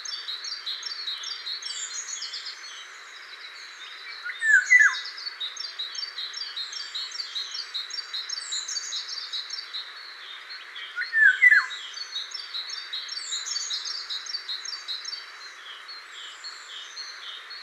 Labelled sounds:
Eurasian Golden Oriole (Oriolus oriolus) song
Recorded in the wild
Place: Damtschik/Wolgadelta, RU
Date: 2006-05-22
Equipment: MiniDisc Sharp MT 20 H
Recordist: Schwarz, Dieter

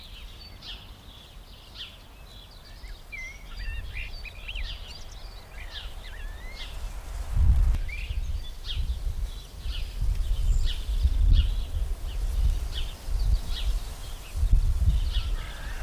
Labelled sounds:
House Sparrow (Passer domesticus)
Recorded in the wild
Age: adult
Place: Lübars, Benekendorffstraße, Berlin, DE
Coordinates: 52.6167, 13.3469
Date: 1998-04-05 15:34
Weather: sunny, 15°C
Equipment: Sony MD-WM MZ-R3, Sennheiser MKH 416 T, Kopie Uher 4000 Report Monitor
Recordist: Tembrock, Günter
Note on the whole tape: Diverse Lautformen

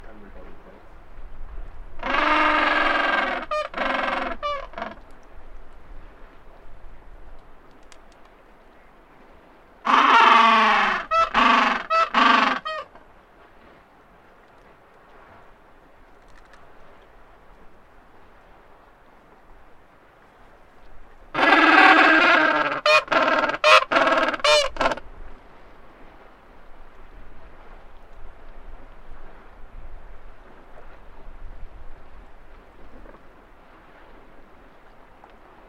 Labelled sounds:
Gentoo Penguin (Pygoscelis papua) call
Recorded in the wild
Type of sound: call
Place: Brown Station, Antarctica, AQ
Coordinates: -64.54, -62.52
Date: 2018-12-25
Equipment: Olympus LS-100, Sennheiser ME66
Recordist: Beaulieu, Michaël
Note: In Kolonie von Eselspinguinen. Meistens brütende Vögel

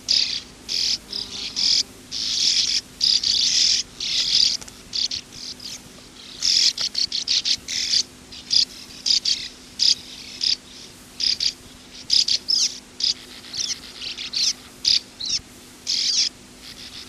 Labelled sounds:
Sand Martin (Riparia riparia)
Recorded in the wild
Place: Gossfelden, DE
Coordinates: 50.8561, 8.74
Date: 1965-07-20
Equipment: Uher Report 4000, AKG D190
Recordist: Krey, Winfried

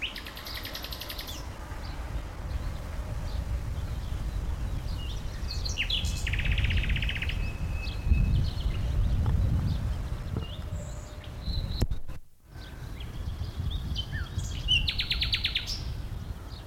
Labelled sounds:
Common Nightingale (Luscinia megarhynchos)
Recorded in the wild
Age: adult
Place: Blankenfelde, Berlin, DE
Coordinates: 52.625, 13.404
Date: 1992-05-01 10:35
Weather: heiter bis wolkig, böiger Wind, 16 °C
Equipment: Nagra SN, Mikrofon AKG CK 8, Kopie Tesla B 116
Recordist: Tembrock, Günter

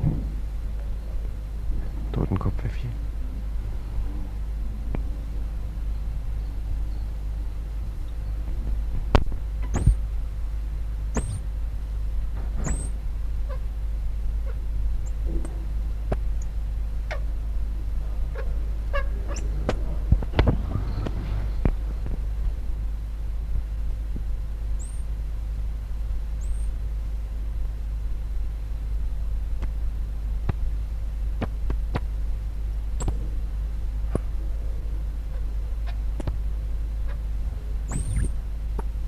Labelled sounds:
Common Squirrel Monkey (Saimiri sciureus) call
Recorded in captivity
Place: Tierpark Berlin, Berlin, DE
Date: 1961-01-11 13:30
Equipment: Minifon, Kopie Smaragd
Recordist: Tembrock, Günter

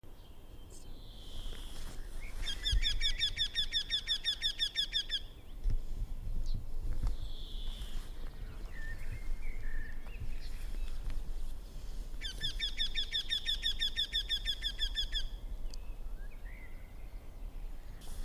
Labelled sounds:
Eurasian Wryneck (Jynx torquilla)
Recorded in the wild
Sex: male
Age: adult
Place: Hobrechtsfelder Rieselfelder, Naturpark Barnim, Berlin, DE
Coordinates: 52.6631, 13.4786
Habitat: open landscape
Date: 2008-04-27
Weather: wolkenlos, windstill, ca. 10°C
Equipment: Sound Devices 702, Sennheiser MKH 70, Windkorb
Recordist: Frommolt, Karl-Heinz
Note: Lockerer Pappelbestand: zwei Rufreihen eines Wendehalses. Entfernung 35 m. Tier gesehen

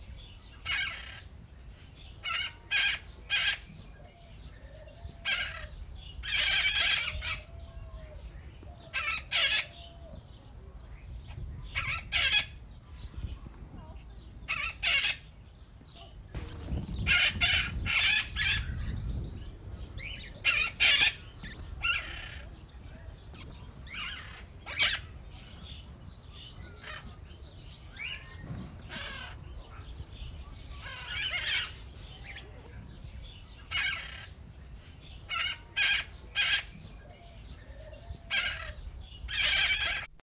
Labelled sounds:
Red-cheeked Parrot (Geoffroyus geoffroyi) call
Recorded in captivity
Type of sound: call
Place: Zoo Braunschweig, Niedersachsen, DE
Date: 1970-04-04
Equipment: Halbspur, 9,5 cm/s
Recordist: Lütgens, Hans
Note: Rufe

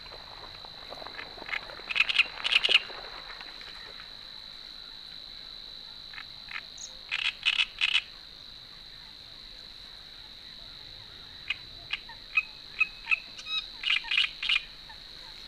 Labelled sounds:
Great Reed Warbler (Acrocephalus arundinaceus) song
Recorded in the wild
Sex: male
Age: adult
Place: Warsow, Kummerower See, Mecklenburg-Vorpommern, DE
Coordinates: 53.8342, 12.8506
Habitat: wetland
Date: 2013-05-23 19:06
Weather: cloudy, weak wind, 15°C
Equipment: Sound Devices 702, Sennheiser MKH 70, Rycote Windschutz
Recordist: Frommolt, Karl-Heinz

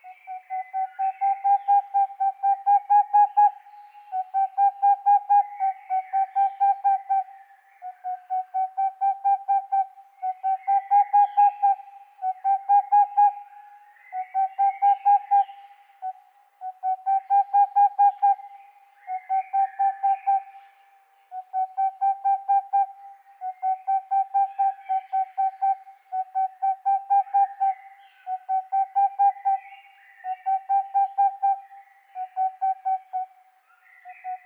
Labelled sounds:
Boreal Owl (Aegolius funereus)
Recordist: Frommolt, Karl-Heinz
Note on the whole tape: Mehrere Rufreihen Entfernung minimal 10 m Tier hatte Beobachter umflogen und direkt im Baum darüber gerufen

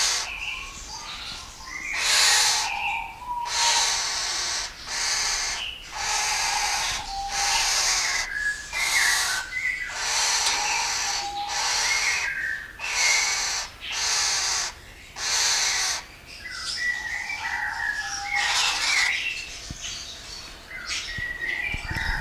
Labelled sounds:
White-eared Catbird (Ailuroedus buccoides) call
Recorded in captivity
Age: adult
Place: Zoo Berlin, Berlin, DE
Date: 2001-11-15 15:08
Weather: cloudy, 4°C
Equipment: Marantz CP 130, Sennheiser MKH 416, Kopie Uher 4000 Report Monitor
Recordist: Tembrock, Günter

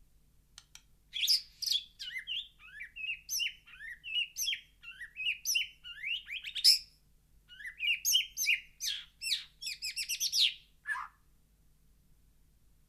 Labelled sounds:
White-rumped Shama (Copsychus malabaricus) song
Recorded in captivity
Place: Kaiserslautern, Rheinland-Pfalz, DE
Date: 1982-04-02
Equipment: Nagra IV
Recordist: Tretzel, Erwin
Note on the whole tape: Schamadrossel "Poldi", Garten, Kaiserslautern: Gesang

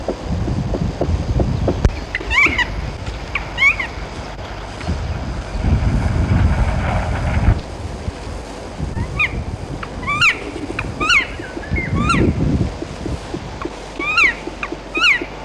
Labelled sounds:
Black Woodpecker (Dryocopus martius)
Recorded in the wild
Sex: pair
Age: adult
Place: Dürrbach, Sachsen, DE
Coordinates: 51.3583, 14.6164
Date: 1957-04-28
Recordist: Meyer, Hugo

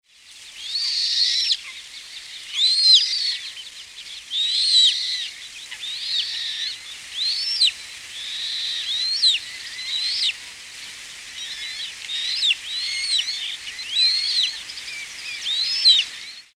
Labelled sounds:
Red-necked Grebe (Podiceps grisegena)
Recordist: Tembrock, Günter
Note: Rufe von Jungvögeln

